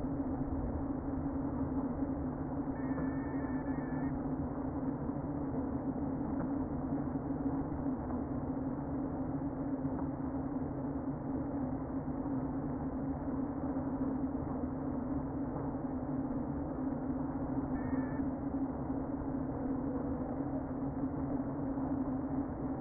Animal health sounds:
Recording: honeybee colony, microphone inside the hive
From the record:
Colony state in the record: queen present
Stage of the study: before two queens were removed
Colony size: about 60,000 bees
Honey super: yes

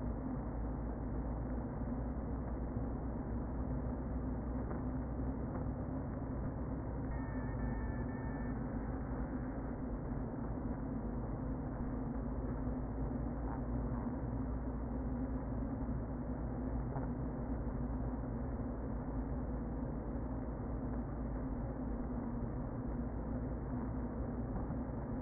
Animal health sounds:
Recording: honeybee colony, microphone inside the hive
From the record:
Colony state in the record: queen present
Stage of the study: before two queens were removed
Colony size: about 60,000 bees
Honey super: yes

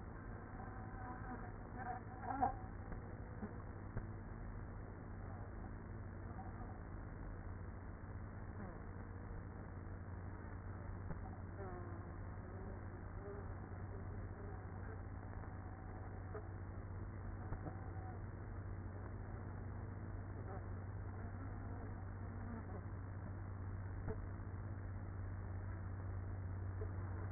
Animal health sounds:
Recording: honeybee colony, microphone inside the hive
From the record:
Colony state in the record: queenless with a low population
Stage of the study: after two queens were removed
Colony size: about 30,000 bees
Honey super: no

